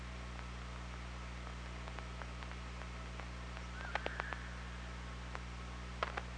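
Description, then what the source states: Killer whale sounds: a short buzzy tonal call near the middle amid a handful of sharp clicks, over a steady low hum. Recorded underwater by the OrcaLab hydrophone on 24 August 2017, around 07:25.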